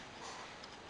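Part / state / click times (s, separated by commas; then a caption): DDR3 RAM module into motherboard DIMM slot / not seated / none. A Corsair XMS3 DDR3 memory stick is pressed into a motherboard DIMM slot, with its plastic side locks expected to snap shut on their own. Only a steady, faint broadband hiss is heard for about a second, with no sharp hits. Nothing has seated or clicked yet; the locks fail to snap.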